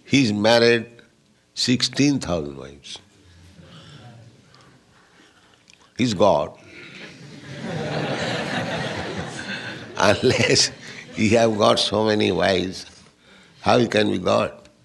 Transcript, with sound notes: He has married sixteen thousand wives. He is God. [laughter] Unless you have got so many wives, how you can be God?